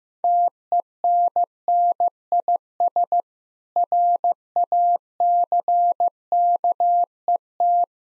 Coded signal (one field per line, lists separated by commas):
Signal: Morse code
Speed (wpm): 15 wpm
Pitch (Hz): 700 Hz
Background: none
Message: TENNIS RACKET